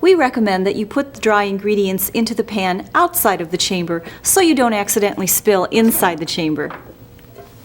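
A woman talks about putting the bread pan into the oven chamber of a West Bend Automatic Bread & Dough Maker. The pan is being handled but has not seated or locked into the chamber yet; nothing has clicked.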